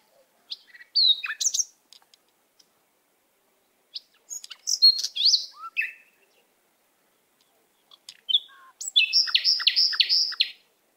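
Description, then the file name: Canary producing broken, varied chirping phrases separated by short pauses, finishing with a quick run of repeated bright trilled notes. "Canary Voice"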